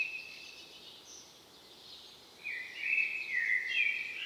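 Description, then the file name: Common blackbird: a short whistle, a faint high squeak, a pause, then a full mellow fluting phrase with thin high twitters over soft hiss. "Turdus merula"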